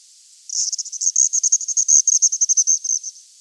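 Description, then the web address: Andean swift chattering: a fast, high, buzzy twitter of clipped notes running for about two and a half seconds without a break. "chant xeno-canto martinet des andes"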